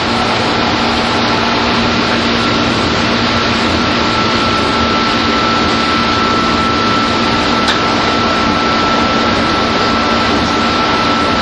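A train ride between Tokyo and Takao: a steady, dense rumble and hiss runs unchanged throughout. A thin whine holds a constant pitch above it, with a low hum underneath, and a single faint click cuts through near the eight-second mark.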